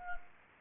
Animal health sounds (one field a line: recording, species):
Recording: mosquito wingbeat signal from an infrared sensor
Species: Anopheles arabiensis